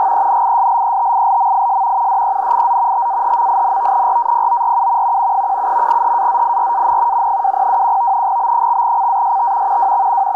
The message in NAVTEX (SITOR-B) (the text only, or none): GENISLETILMIS DENIZ TAHMIN RAPORU 17 HAZIRAN 2021 B/CAST WX